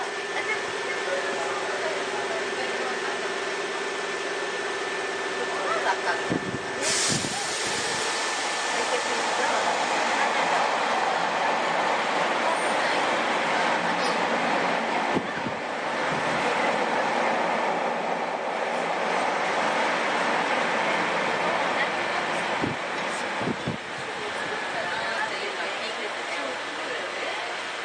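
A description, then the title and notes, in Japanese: Inside a Sotetsu 7000 series train running between Yokohama and Yamato, a dense, steady rumble and hiss fills the whole clip. A low drone fades out near 6 seconds, followed by a sharp click at 7 seconds and brief knocks around 15 and 23 seconds. 相鉄7000系 横浜ー大和。車体アルミ製20m長の車体。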